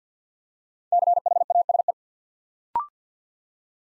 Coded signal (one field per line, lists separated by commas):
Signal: Morse code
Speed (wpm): 50 wpm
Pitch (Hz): 700 Hz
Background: none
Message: CHASE